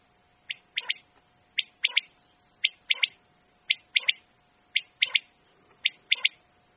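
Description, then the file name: Common quail calling: a sharp three-note phrase, one note then a quick pair, repeated roughly every second over a steady hum. "quaglia"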